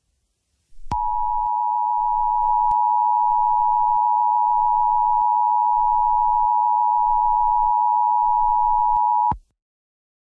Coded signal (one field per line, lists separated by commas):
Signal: Emergency Alert System (SAME) tones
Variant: 853 and 960 Hz attention tone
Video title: Another JC Imposter EAS